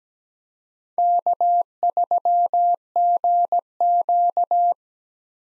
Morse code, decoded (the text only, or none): K3GQ